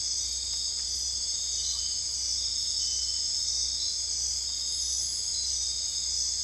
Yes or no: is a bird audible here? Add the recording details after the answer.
no. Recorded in dense forest near Puerto Asís, Putumayo, Colombia, on 26 December 2024 at 02:30. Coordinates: 0.485, -76.318. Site GP03